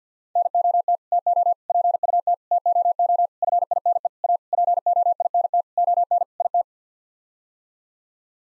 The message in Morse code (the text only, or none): NOT TO PUT TOO FINE A POINT ON IT